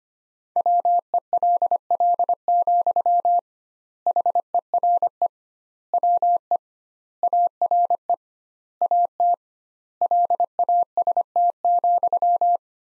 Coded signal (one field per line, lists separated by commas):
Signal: Morse code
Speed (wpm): 25 wpm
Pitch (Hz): 700 Hz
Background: none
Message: WELL, HERE WE ARE AT LAST,